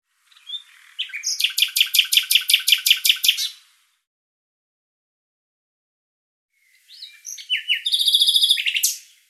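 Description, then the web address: Bird calling in two bursts of rapid, evenly repeated high chirps, the first lasting about three seconds, the second shorter after a silent pause. "Deverinetal 2025"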